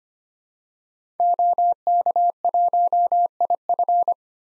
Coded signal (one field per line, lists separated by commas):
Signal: Morse code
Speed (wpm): 25 wpm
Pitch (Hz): 700 Hz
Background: none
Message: OK1IF